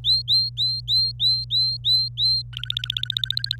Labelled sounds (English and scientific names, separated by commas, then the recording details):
Domestic Canary (Serinus canaria) song
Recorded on 25 April 2018 at 17:07
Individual llb3